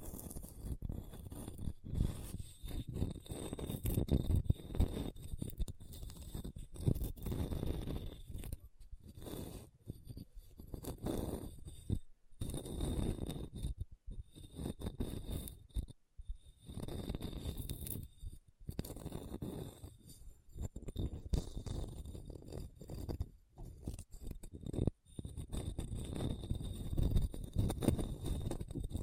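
Scratching over a hard, bumpy surface comes in rough, low bursts of uneven length, broken by short silent gaps throughout. The scraping is mostly deep and grainy, with a faint steady high whine running underneath the whole time.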